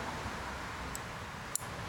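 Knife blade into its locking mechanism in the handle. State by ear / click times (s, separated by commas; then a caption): seated / 1.6 s. The blade of a Black Blade folding pocket knife, dull from cutting things it wasn't meant to cut, is pulled open against a steady hiss, with a faint tick at about 1.0 s. It locks into place in the handle's locking mechanism with one sharp click at 1.6 s, seated and ready to use.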